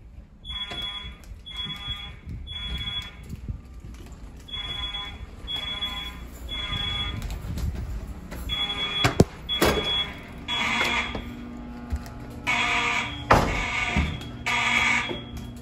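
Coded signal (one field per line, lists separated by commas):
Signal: alarm pattern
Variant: fire alarm horns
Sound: buzzy fire alarm horns blasting in groups of three, with louder horns joining later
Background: school hallway echo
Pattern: temporal three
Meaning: Fire alarm evacuation signal, sounded here as a test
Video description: The horn strobes chosen were Siemens U-HN mechanical horn strobes in the hallways (possibly Harrington rebrands) and wheelock MIZ-LSM horn strobes in the classrooms.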